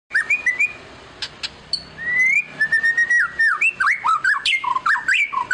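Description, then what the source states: White-rumped shama song: varied whistled phrases, some drawn-out and gliding, others short and bouncing. Song used as a lure to make other birds respond.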